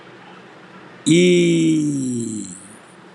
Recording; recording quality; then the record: sustained vowel as in beet; excellent, no background noise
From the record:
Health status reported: healthy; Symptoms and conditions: none ticked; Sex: male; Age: 42 years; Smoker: yes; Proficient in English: yes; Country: India